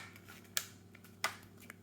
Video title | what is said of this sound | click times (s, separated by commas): [GBB Comparison] Battle of the Assassins : AAP vs WE Galaxy vs AW VX0200 | and there's you've got access to the hop and it just clicks back in | 0.6 s, 1.2 s